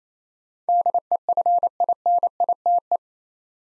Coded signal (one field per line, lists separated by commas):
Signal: Morse code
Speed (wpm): 28 wpm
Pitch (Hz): 700 Hz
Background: none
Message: DEFINITE